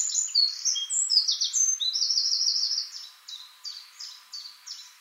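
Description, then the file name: Eurasian wren song: a rapid, high, energetic stream of trills and warbles, then slower repeated sharp chips about three per second. "Troglodytes troglodytes"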